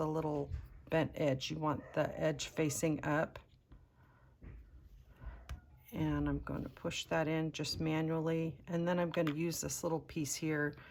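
A metal button back is lined up with its bent edge facing up on a fabric-covered button cover shell, ready to be pushed in by hand and pressed with the tool, while someone talks. A faint contact tap is heard around 5.5 s, and nothing has snapped or seated yet.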